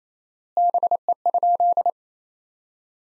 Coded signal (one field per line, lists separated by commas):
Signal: Morse code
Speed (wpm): 27 wpm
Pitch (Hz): 700 Hz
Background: none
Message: BE?